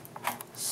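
A graphics card is slid into a motherboard PCIe slot until its retention latch engages, with faint scraping ticks at 0.1 and 0.2 s. Clicks follow at 0.3 and 0.4 s, and a soft hiss rises toward the end. The card is seated.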